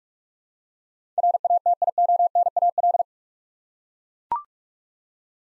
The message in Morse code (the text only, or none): RATIONAL